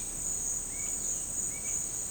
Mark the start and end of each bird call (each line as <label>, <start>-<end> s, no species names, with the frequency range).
bird call (1.3-2.5 kHz), 0.69-1.82 s